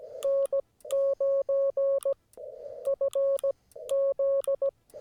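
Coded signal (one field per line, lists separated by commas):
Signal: Morse code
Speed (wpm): 18 wpm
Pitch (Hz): 560 Hz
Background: none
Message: N9FZ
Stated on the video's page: CW park activation with Yaesu FT-891 at 25 watts, US Morse paddles, Chameleon 17-ft whip.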